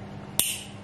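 A plastic twist-dose skincare dispenser (pump bottle) is twisted until its dose mechanism clicks at 0.4 s, a sharp bright click that rings briefly against a quiet low hum. The click shows the measured dose has been dispensed.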